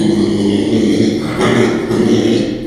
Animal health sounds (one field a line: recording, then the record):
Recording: squeal of a Yucatan mini pig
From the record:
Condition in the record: after surgery on the right vocal fold (resection and tissue-engineered implant)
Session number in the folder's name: 2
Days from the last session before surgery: 13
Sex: male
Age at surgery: 12 weeks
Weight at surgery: 13 kg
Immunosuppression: cyclosporine, prednisolone